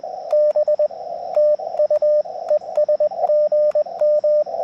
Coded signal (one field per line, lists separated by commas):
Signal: Morse code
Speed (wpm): 21 wpm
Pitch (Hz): 590 Hz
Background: radio noise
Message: B TU ES GM